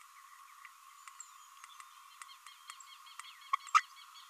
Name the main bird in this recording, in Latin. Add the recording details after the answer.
Forpus passerinus. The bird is a male. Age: 27 days. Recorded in a nest box in Venezuela. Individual 17B32A6